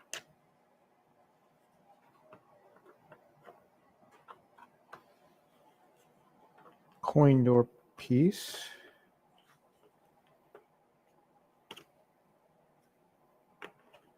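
A coin door panel piece from a GRS Build-A-Cade arcade cabinet kit is handled and pressed toward its place in the cabinet. Scattered light ticks and taps are heard, with sharper knocks near 0.1 s and 11.7 s, and someone talks briefly in the middle. The panel has not seated or clicked into place yet.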